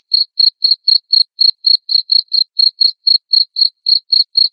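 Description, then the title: Cricket chirps: bright, high pulses repeated evenly about four times a second, with nothing else audible. Loud cricket chirping played to make lovebirds keep singing 'ngekek'. "Suara JANGKRIK NGERIK Keras Bikin LOVEBIRD Jadi NGEKEK Terus Vubey"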